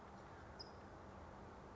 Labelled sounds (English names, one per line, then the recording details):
California Towhee
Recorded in Sonoma County, California